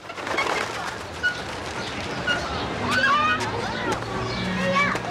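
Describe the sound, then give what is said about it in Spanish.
An old man's two parrots squawk in a series of harsh, rising and falling calls that grow busier toward the end, over a murmur of voices and children in the background. “Porque el viejito tenía dos loros.”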